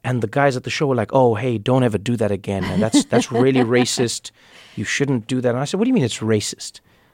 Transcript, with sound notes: And the guys at the show were like, oh, hey, don't ever do that again. That's really racist.
(Laughter).
You shouldn't do that. I said, what do you mean, it's racist?